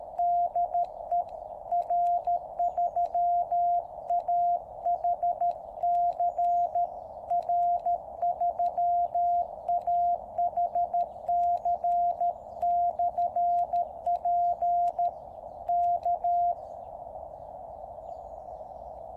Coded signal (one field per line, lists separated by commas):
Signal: Morse code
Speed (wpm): 13 wpm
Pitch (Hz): 700 Hz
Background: radio noise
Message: DE R3AHC R3AHC/P K